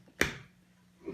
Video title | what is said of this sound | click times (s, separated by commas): GoPro Chin Mount Setup (How To) | you're going to take this whole thing slide it in there until it clicks | 0.2 s